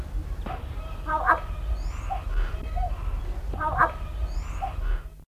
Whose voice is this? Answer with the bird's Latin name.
Mino dumontii